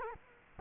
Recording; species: mosquito wingbeat signal from an infrared sensor; Culex quinquefasciatus